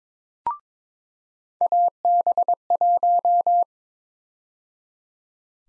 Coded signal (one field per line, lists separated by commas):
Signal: Morse code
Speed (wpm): 22 wpm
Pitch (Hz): 700 Hz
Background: none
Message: AB1